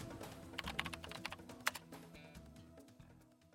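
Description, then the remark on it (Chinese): Rapid, irregular clicks of typing on a computer keyboard as a doctor writes an emergency department observation record in a hospital, with one sharper keystroke standing out midway, set over a low, steady background drone and tapering off toward the end. “叹了口气，敲击键盘写他的急诊科观察病历。”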